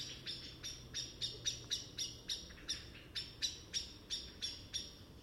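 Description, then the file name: Common blackbird calls: sharp, clicking notes repeated rapidly in a steady run, with a low hum underneath. "Turdus merula"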